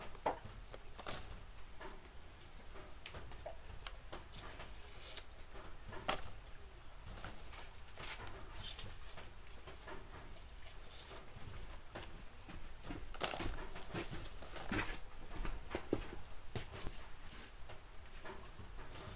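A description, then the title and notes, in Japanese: Harvested green onions are being trimmed and prepared, with steady rustling and crackling as skins are peeled and leaves stripped. Sharp, bright snaps and tearing sounds come every second or so, busier after the halfway point, over a constant papery crinkle. 出荷日の昼下がり。収穫してきたネギの調整作業中(皮むき、葉落とし、軽量、束にする)。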